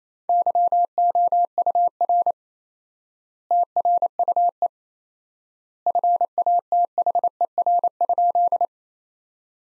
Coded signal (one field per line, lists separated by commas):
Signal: Morse code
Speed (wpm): 28 wpm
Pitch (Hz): 700 Hz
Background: none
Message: YOUR TRUE FATHER?